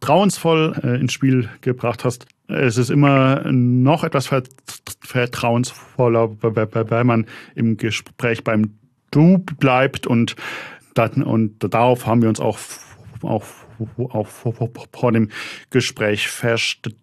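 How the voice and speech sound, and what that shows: Adult man speaking conversational German in a low voice, clear and fluent apart from brief everyday hesitations and word repeats.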